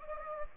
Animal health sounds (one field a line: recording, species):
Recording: mosquito wingbeat signal from an infrared sensor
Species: Anopheles gambiae